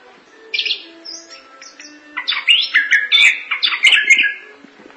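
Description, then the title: Thrush song: a short opening phrase, a pause, then a fast run of chattering, slurred notes. "burung anis x"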